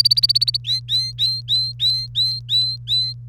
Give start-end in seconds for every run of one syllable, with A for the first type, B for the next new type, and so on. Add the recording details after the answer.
0.00-0.57 A, 0.65-3.13 B. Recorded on 1 May 2018 at 13:23. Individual llb3